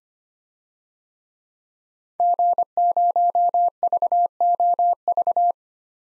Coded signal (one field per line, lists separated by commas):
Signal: Morse code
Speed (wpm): 25 wpm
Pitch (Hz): 700 Hz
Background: none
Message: G0VOV